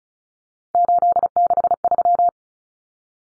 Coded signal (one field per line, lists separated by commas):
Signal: Morse code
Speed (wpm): 34 wpm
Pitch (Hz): 700 Hz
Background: none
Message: 863